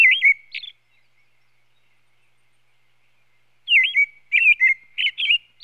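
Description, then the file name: American robin song: a short burst of rich, warbled whistled notes, a long pause, then a longer run of caroling, slurred phrases. "Sound Effects Library - American Robin"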